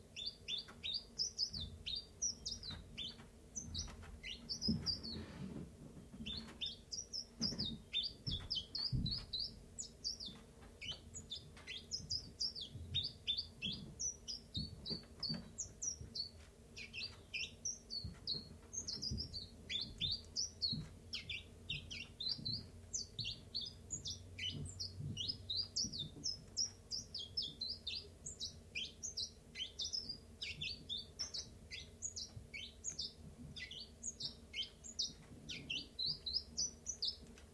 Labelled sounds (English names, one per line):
Common Chiffchaff